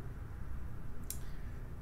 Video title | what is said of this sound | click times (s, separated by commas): Seth Thomas Assembly | then we get down to the end it kind of Pops right in | 1.1 s